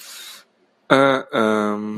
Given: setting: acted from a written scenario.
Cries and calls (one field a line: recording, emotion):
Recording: vocal sound without words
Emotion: guilt